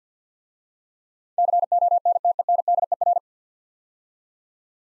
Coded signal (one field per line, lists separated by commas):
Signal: Morse code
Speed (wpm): 47 wpm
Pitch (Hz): 700 Hz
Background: none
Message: CONTENDER